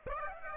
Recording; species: mosquito wingbeat signal from an infrared sensor; Aedes aegypti